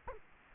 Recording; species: mosquito wingbeat signal from an infrared sensor; Culex quinquefasciatus